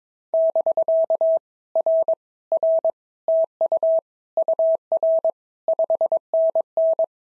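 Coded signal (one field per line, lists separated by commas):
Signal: Morse code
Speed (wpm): 22 wpm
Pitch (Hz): 650 Hz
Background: none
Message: <BK> R R TU UR 5NN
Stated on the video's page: POTA exchange practice at 22 wpm, each exchange sent in Morse, then spoken, then sent again.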